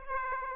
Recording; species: mosquito wingbeat signal from an infrared sensor; Aedes aegypti